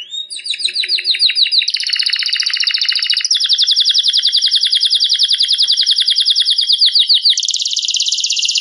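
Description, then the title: Canary delivering an unbroken string of rapid high trills, switching several times to a new rolling pattern. Competition-standard canary song used as a training recording for songbird contests. "Masteran Kenari Lomba Juara Nasional"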